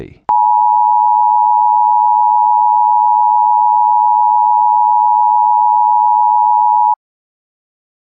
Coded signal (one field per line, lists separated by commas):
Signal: Emergency Alert System (SAME) tones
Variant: 853 and 960 Hz attention tone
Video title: EAS Tornado Scenario